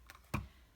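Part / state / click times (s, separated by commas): hinged lid on a plastic ink pad case / released / 0.1 s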